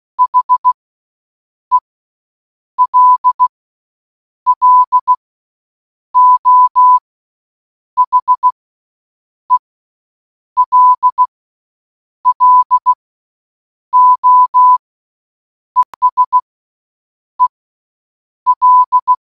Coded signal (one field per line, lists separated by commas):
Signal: Morse code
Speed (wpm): 16 wpm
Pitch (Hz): 1000 Hz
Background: none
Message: HELLO HELLO ESEL